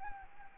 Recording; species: mosquito wingbeat signal from an infrared sensor; Anopheles gambiae